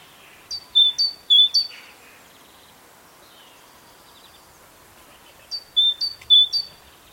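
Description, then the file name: Great tit calling with two clusters of crisp, metallic notes, a few in each, separated by a few seconds of quiet. "Parus major"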